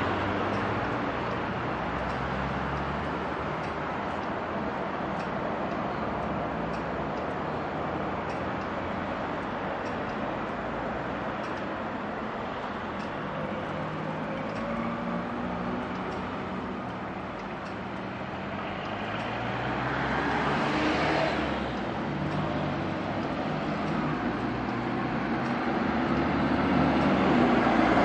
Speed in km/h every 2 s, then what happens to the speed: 0, 0, 0, 0, 0, 0, 0, 0, 0, 0, 0, 0, 0, 0.
0-28 standing.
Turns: none.